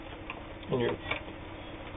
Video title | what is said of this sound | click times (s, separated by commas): Video Demonstration of a Kenmore 158.19802 Japanese-made sewing machine | and your pattern cam just pops right up | 0.3 s